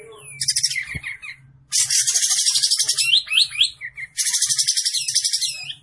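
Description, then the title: Olive-winged bulbul song: three bursts of buzzy, pulsing rattles, the middle one longest, with quick whistled notes near its end, over a low hum. Masteran training recording for cage birds; bird singing prolifically (gacor). "Masteran Kapas Tembak Gacor"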